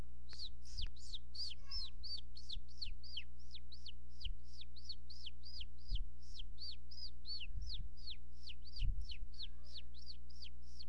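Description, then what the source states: Baby bird calls: a rapid, steady series of high, sharply descending chirps, about three per second throughout, over a constant low electrical hum. Young bird.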